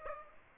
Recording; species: mosquito wingbeat signal from an infrared sensor; Aedes aegypti